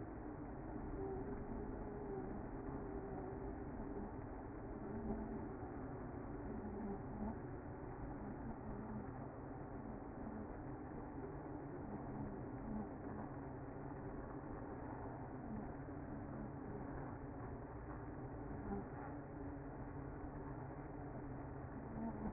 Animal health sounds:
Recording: honeybee colony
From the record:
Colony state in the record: active

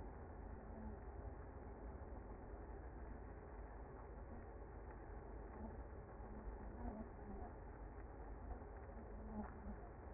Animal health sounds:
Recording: honeybee colony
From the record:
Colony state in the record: active

